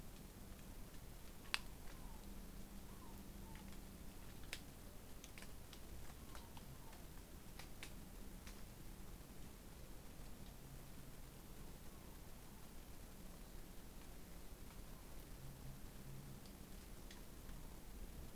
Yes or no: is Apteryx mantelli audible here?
no